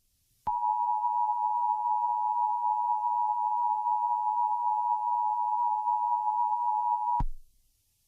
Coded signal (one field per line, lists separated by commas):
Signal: Emergency Alert System (SAME) tones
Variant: 853 and 960 Hz attention tone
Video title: 420 - A Satirical EAS Mock